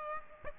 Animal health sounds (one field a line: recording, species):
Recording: mosquito wingbeat signal from an infrared sensor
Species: Aedes aegypti